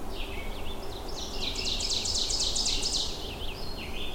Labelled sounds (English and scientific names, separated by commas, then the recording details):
Ovenbird (Seiurus aurocapilla) song
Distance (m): 35 m
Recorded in boreal forest in Alberta, Canada, on 21 June 2016 at 08:10
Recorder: SongMeter 3, array SBT-6-76
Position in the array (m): 139 m, -13 m
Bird 2